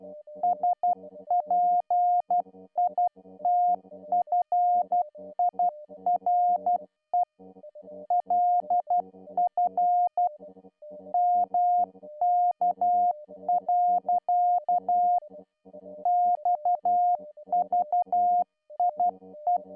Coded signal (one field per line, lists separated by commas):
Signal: Morse code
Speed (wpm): 12 wpm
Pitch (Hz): 710 Hz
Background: music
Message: SPITFIRE LF MK. XVIE